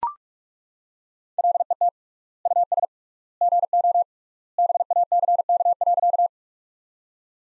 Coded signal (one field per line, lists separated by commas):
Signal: Morse code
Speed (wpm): 41 wpm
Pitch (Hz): 700 Hz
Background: none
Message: LET US GO BACK.